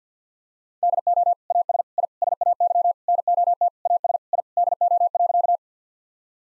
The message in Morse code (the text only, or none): DO AS I SAY NOT AS I DO.